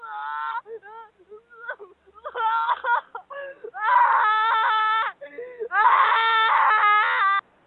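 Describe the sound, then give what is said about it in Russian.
A woman in a fit of hysterics wails over a phone call on speakerphone, with loud, drawn-out, quavering cries broken by short sobbing gasps. The thin, tinny sound fades briefly before rising into two long, sustained howls. “У нее истерика, ей нужна помощь.”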